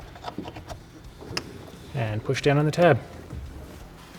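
An electrical connector is plugged onto the mass airflow sensor of a 2006-2013 Chevy Impala 3.5L, and its locking tab is pushed down, giving one sharp click at 1.4 s. Someone talks shortly afterward over a faint background hum. The connector is seated with its tab locked down.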